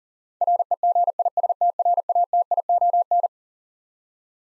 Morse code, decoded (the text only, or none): REGISTRATION